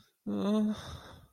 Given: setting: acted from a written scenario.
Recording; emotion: vocal sound without words; distress